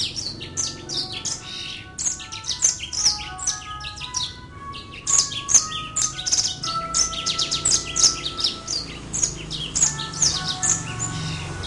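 Brimstone canary song: a fast, continuous run of high chirps and trills, broken by steady lower whistled tones that recur through the passage.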